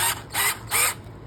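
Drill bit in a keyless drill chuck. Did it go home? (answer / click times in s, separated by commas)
no / none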